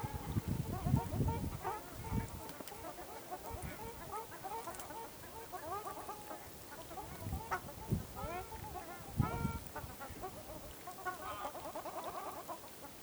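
Ruddy shelducks giving nasal honks, several overlapping calls in quick irregular bursts, with low rumbling sounds.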